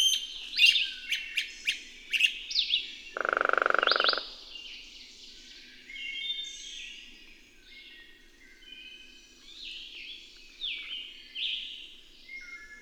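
Bird song with sharp opening chirps, a brief buzzy pulsed sound, then a long rambling run of soft twittering whistles.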